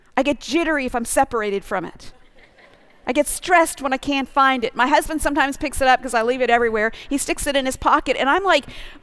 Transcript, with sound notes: I get jittery if I’m separated from it. (laughter) I get stressed when I can’t find it. My husband sometimes picks it up—because I leave it everywhere. He sticks it in his pocket, and I’m, like,